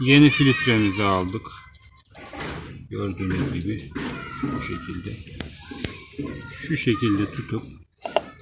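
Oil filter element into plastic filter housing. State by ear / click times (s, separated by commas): not seated / none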